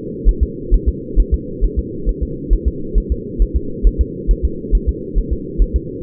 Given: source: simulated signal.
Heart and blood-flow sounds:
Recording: fetal heart sounds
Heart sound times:
0.29 s: S1
0.43 s: S2
0.74 s: S1
0.89 s: S2
1.20 s: S1
1.34 s: S2
1.65 s: S1
1.79 s: S2
2.09 s: S1
2.23 s: S2
2.53 s: S1
2.68 s: S2
2.98 s: S1
3.12 s: S2
3.42 s: S1
3.56 s: S2
3.87 s: S1
4.01 s: S2
4.31 s: S1
4.45 s: S2
4.75 s: S1
4.89 s: S2
5.19 s: S1
5.33 s: S2
5.62 s: S1
5.76 s: S2
From the record:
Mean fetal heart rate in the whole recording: 135 bpm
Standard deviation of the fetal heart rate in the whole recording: 3 bpm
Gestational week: 36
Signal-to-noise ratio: -4.3 dB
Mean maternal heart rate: 72 bpm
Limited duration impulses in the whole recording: absent

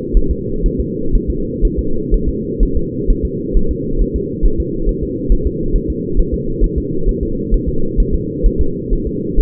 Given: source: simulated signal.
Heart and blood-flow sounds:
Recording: fetal heart sounds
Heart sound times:
0.17 s: S1
0.31 s: S2
0.66 s: S1
0.80 s: S2
1.15 s: S1
1.30 s: S2
1.65 s: S1
1.79 s: S2
2.14 s: S1
2.29 s: S2
2.63 s: S1
2.77 s: S2
3.10 s: S1
3.25 s: S2
3.57 s: S1
3.71 s: S2
4.02 s: S1
4.16 s: S2
4.46 s: S1
4.60 s: S2
4.89 s: S1
5.03 s: S2
5.32 s: S1
5.47 s: S2
5.76 s: S1
5.90 s: S2
6.19 s: S1
6.34 s: S2
6.64 s: S1
6.78 s: S2
7.09 s: S1
7.23 s: S2
7.54 s: S1
7.69 s: S2
8.00 s: S1
8.15 s: S2
8.46 s: S1
8.61 s: S2
8.93 s: S1
9.07 s: S2
9.40 s: S1
From the record:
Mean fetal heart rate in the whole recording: 130 bpm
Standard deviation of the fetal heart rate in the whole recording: 4 bpm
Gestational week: 38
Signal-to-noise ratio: -8.1 dB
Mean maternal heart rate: 72 bpm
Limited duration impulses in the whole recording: absent

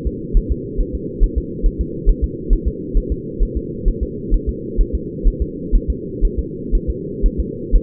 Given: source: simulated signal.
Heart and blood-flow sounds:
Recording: fetal heart sounds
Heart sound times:
0.07 s: S2
0.37 s: S1
0.52 s: S2
0.81 s: S1
0.95 s: S2
1.24 s: S1
1.38 s: S2
1.66 s: S1
1.81 s: S2
2.09 s: S1
2.24 s: S2
2.53 s: S1
2.68 s: S2
2.97 s: S1
3.12 s: S2
3.43 s: S1
3.57 s: S2
3.88 s: S1
4.03 s: S2
4.34 s: S1
4.49 s: S2
4.81 s: S1
4.95 s: S2
5.28 s: S1
5.42 s: S2
5.75 s: S1
5.90 s: S2
6.25 s: S1
6.39 s: S2
6.75 s: S1
6.90 s: S2
7.26 s: S1
7.40 s: S2
7.75 s: S1
From the record:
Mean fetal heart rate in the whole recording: 130 bpm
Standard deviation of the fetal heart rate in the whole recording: 4 bpm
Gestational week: 38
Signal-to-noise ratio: -4.1 dB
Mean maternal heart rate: no maternal heart sound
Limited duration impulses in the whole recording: absent

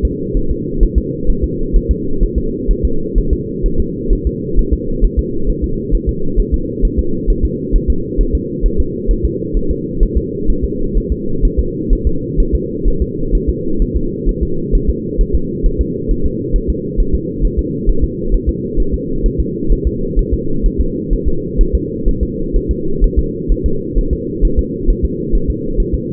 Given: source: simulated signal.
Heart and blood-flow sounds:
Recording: fetal heart sounds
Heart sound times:
0.05 s: S2
0.37 s: S1
0.51 s: S2
0.83 s: S1
0.98 s: S2
1.30 s: S1
1.44 s: S2
1.76 s: S1
1.91 s: S2
2.23 s: S1
2.38 s: S2
2.71 s: S1
2.85 s: S2
3.18 s: S1
3.33 s: S2
3.66 s: S1
3.80 s: S2
4.13 s: S1
4.27 s: S2
4.59 s: S1
4.73 s: S2
5.05 s: S1
5.19 s: S2
5.50 s: S1
5.64 s: S2
5.95 s: S1
6.09 s: S2
6.40 s: S1
6.54 s: S2
6.85 s: S1
6.99 s: S2
7.30 s: S1
7.45 s: S2
7.76 s: S1
7.90 s: S2
8.21 s: S1
8.35 s: S2
8.66 s: S1
8.80 s: S2
9.11 s: S1
9.25 s: S2
9.57 s: S1
9.71 s: S2
10.03 s: S1
10.18 s: S2
10.50 s: S1
10.65 s: S2
10.97 s: S1
11.12 s: S2
11.45 s: S1
11.59 s: S2
11.93 s: S1
12.07 s: S2
12.40 s: S1
12.55 s: S2
12.88 s: S1
13.02 s: S2
13.35 s: S1
13.49 s: S2
13.82 s: S1
13.97 s: S2
14.29 s: S1
14.43 s: S2
14.75 s: S1
14.90 s: S2
15.21 s: S1
15.35 s: S2
15.66 s: S1
15.81 s: S2
16.11 s: S1
16.26 s: S2
16.56 s: S1
16.70 s: S2
17.00 s: S1
17.15 s: S2
17.45 s: S1
17.59 s: S2
17.89 s: S1
18.04 s: S2
18.34 s: S1
18.49 s: S2
18.80 s: S1
18.94 s: S2
19.26 s: S1
19.40 s: S2
19.72 s: S1
19.87 s: S2
20.19 s: S1
20.34 s: S2
20.66 s: S1
20.81 s: S2
21.13 s: S1
21.28 s: S2
21.61 s: S1
21.75 s: S2
22.09 s: S1
22.23 s: S2
22.56 s: S1
22.71 s: S2
23.04 s: S1
23.19 s: S2
23.52 s: S1
23.66 s: S2
23.98 s: S1
24.13 s: S2
24.45 s: S1
24.59 s: S2
24.90 s: S1
25.05 s: S2
25.35 s: S1
25.50 s: S2
25.80 s: S1
25.95 s: S2
From the record:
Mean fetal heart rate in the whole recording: 130 bpm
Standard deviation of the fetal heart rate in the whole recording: 2 bpm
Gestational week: 38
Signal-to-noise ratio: -8.1 dB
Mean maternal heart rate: 72 bpm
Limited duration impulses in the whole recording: absent

